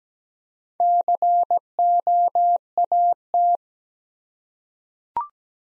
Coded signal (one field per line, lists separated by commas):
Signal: Morse code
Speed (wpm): 17 wpm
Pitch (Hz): 700 Hz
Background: none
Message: COAT